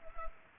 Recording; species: mosquito wingbeat signal from an infrared sensor; Culex pipiens